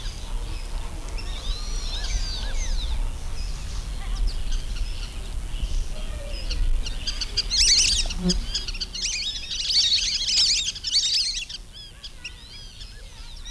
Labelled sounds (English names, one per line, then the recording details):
Lesser Whistling Duck
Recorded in captivity
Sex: diverse
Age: adult
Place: Tierpark Berlin, Berlin, DE
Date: 1994-07-09 10:20
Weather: heiter, 16-20°C, böiger Wind
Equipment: Marantz CP 430, Sennheiser ME 80, Kopie Uher Variocord 263
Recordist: Tembrock, Günter
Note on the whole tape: Kurzlaute in Gruppe - neu importiert